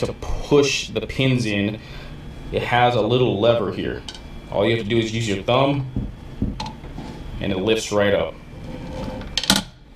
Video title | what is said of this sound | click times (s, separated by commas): IS IT WORTH IT DeWALT DW715 12 SINGLE BEVEL MITER SAW STAND REVIEW AND TEST | Locks into place. | 9.4 s